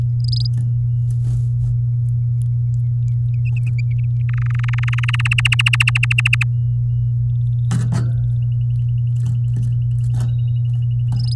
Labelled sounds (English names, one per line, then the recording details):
Domestic Canary song
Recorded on 9 May 2018 at 09:24
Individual llb16